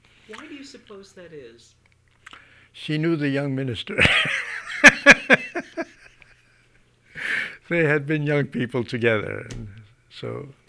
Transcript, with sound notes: Why do you suppose that is?
She knew the young minister. (he laughs heartily) They had been young people together, so